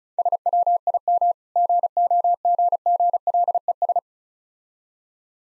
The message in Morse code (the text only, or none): SWIM GOGGLES